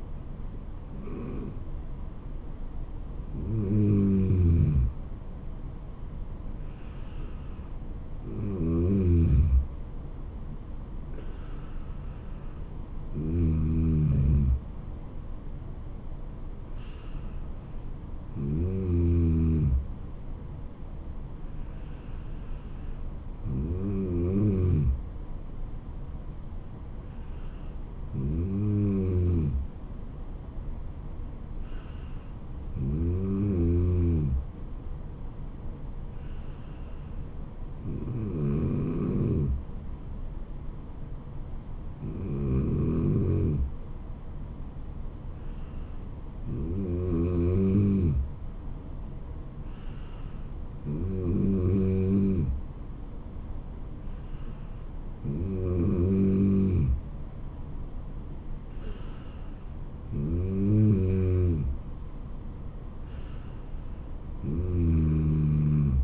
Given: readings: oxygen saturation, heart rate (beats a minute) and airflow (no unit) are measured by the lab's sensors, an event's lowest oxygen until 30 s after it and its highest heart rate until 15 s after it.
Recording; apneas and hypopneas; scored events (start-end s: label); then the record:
breathing in sleep by a smartphone at the bedside; none
none scored
From the record:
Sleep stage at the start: N2 (light sleep); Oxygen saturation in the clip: 93 to 95%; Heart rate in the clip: 67 to 77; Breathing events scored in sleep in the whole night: 426 in 7.4 hours asleep